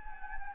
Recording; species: mosquito wingbeat signal from an infrared sensor; Anopheles gambiae